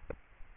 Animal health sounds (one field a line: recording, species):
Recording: mosquito wingbeat signal from an infrared sensor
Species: Aedes albopictus